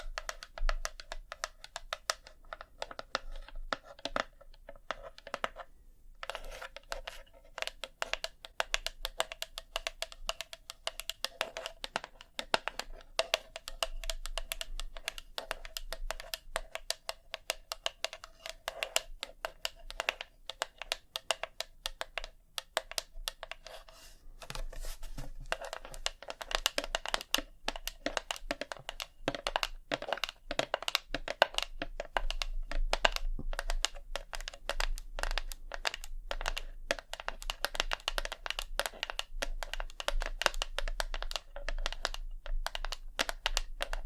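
Rapid, irregular tapping clicks throughout, thinner early on and growing denser and louder after about twenty-five seconds, over a faint low hum.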